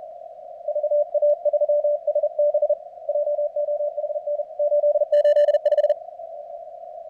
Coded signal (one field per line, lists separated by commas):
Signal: Morse code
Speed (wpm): 36 wpm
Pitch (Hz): 590 Hz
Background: radio noise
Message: VA3SB JOHN 885